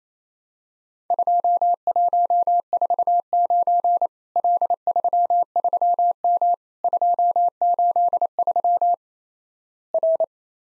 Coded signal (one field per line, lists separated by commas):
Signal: Morse code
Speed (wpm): 28 wpm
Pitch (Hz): 700 Hz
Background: none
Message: 2149 L33M 283 R